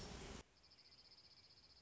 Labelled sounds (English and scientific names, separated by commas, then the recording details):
Dark-eyed Junco (Junco hyemalis)
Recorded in Sonoma County, California